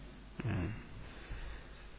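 A person clears their throat once in a short, low, raspy burst, followed a moment later by a fainter, softer huff against a quiet background.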